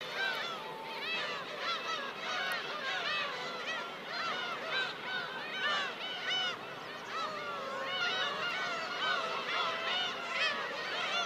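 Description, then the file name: Black-tailed gull colony: a dense wall of overlapping mewing and squealing cries from many birds, continuous throughout. "umineko"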